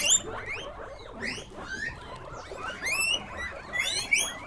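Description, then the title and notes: Guinea pig squeals: scattered high rising whistles and softer chirps overlap throughout, with several sharp squeaks near the start and end. Guinea pig (cuy) pen, during a sound residency on traditional kitchens in Pujilí, Ecuador, in 2019. "Yanuna_Paisajes. CORRAL_CUY. en Pujilí - Ecuador 2019"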